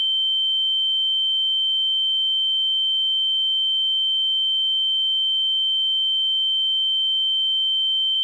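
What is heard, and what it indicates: A steady, pure high-pitched tone of about 3 kHz, held unchanged for about eight seconds, simulating tinnitus.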